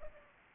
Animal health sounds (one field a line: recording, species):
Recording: mosquito wingbeat signal from an infrared sensor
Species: Aedes aegypti